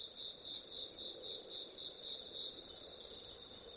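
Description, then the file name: Bell cricket song, a high, shimmering, ringing trill held without pause, growing a little louder midway. Recorded 30 August 2017. "20170830 suzumushi"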